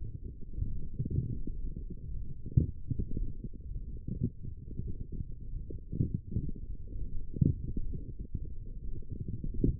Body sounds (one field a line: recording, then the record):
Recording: forearm muscle sounds (acoustic myography)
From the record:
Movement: forearm pronation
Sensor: system 1, eight BSWA MPA416 microphones around the upper forearm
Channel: 2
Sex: male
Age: 23 years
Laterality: right